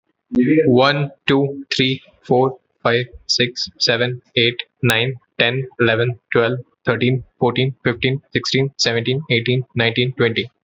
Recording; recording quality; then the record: counting at a normal pace; moderate, slight background noise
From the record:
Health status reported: healthy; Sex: male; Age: 26 years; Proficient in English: yes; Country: India